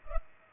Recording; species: mosquito wingbeat signal from an infrared sensor; Culex pipiens